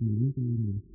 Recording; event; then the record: neck accelerometer signal played as sound; no cough (speech, laughter, throat clearing or background)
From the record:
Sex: male